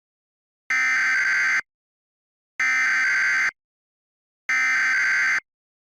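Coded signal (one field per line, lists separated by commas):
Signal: Emergency Alert System (SAME) tones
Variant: header bursts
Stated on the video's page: Mock EAS alert imagining an earthquake, not real.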